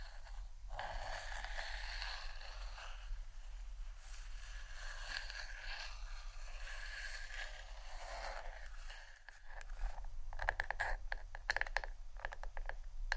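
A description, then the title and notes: Hair brush and comb strokes make a continuous bright scratching and rustling, swelling in repeated passes through the first eight seconds. After a brief quieter dip near nine seconds, quicker, crisper strokes follow in rapid clicks. A low steady hum runs underneath throughout. ASMR Hair Brush & Comb Sounds （No Talking）.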